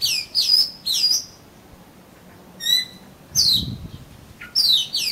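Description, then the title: Oriental magpie-robin with short bright whistle bursts separated by pauses, a thin metallic note in between, and a soft low bump. "Kacer Kacer"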